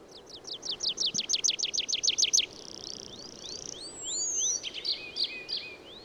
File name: Tree Pipit Anthus trivialis